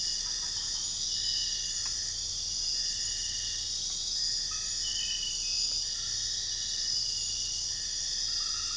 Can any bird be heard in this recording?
no